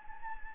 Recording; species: mosquito wingbeat signal from an infrared sensor; Anopheles gambiae